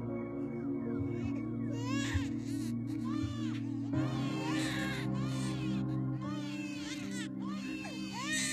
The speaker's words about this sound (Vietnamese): Thế nhưng đúng lúc này một lần nữa, thằng trưởng bàng hoàng sững lại, bởi vì nó vẫn nghe có tiếng trẻ con khóc vang lên trong đêm. Rõ ràng là 2 tiếng trẻ con khóc, chứ chẳng phải là 1.